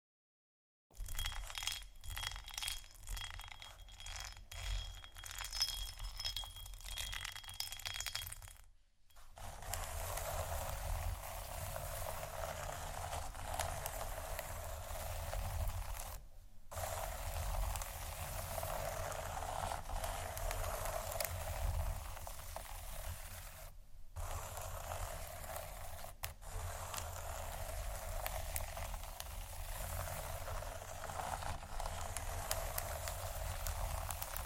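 Scratching triggers: a dense, steady hiss of scratching runs for most of the clip, with a thin bright ringing tone in the first few seconds. The sound cuts to near silence briefly at about 9, 16 and 24 seconds, with a low rumble underneath throughout.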